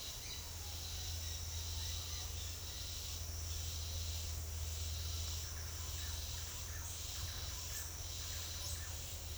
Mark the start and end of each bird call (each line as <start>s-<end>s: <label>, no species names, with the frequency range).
5.49s-8.94s: bird call (1.0-2.5 kHz)